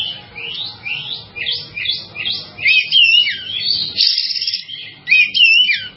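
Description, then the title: Java sparrow song: a series of quick rising chirps building into louder looping whistles and trills, with a brief pause before a final whistled phrase. "kicau gelatik"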